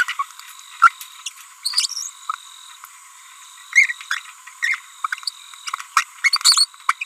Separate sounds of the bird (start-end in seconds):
0.82-0.91, 1.26-1.29, 1.65-2.10, 3.73-3.92, 4.11-4.19, 4.62-4.79, 5.04-5.06, 5.97-6.03, 6.24-6.65, 6.89-6.92, 7.01-7.04